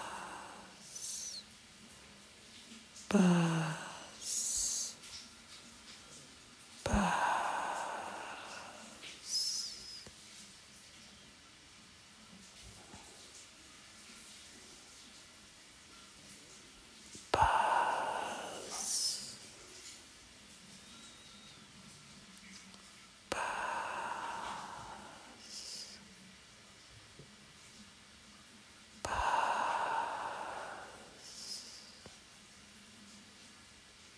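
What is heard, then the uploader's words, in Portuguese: Water falls in separate bursts, each a rushing pour or splash lasting a second or two, arriving about every four to six seconds with quiet stretches between. A faint low hum runs underneath throughout. Som de água caindo.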